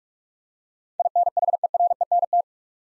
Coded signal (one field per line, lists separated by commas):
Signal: Morse code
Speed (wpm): 46 wpm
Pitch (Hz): 700 Hz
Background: none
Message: INHERENT